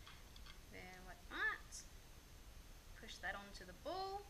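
Someone talks while handling the plastic wheel socket of a magnetic car mount, pushing it toward the ball joint of the suction base. A faint tick is heard at 0.4 s, but the socket has not snapped or seated onto the ball yet when the clip ends.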